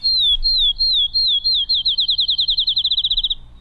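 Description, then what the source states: Field Sparrow song, clear high slurred whistles that start slow and spaced, then speed up into a rapid even trill toward the end, like a bouncing ball. Song compared to a ping pong ball dropped on a table, speeding up toward the end like a bouncing ball.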